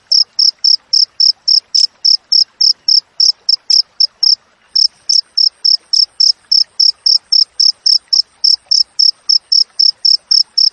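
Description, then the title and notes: Cricket calling in a fast, even chain of shrill chirps, briefly breaking off midway before resuming at the same pace. Wild crickets with clear, closely spaced chirps, intended for training songbirds to mimic and for repelling rats. "Masteran Jangkrik Alam Jernih, Jeda Rapat Cocok Untuk Masteran Burung Dan Mengusir Tikus. suara jangkrik"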